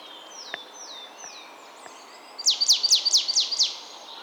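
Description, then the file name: Marsh tit calls: three soft, falling whistled notes, then a quick run of several sharp, high, bright notes. "Poecile palustris"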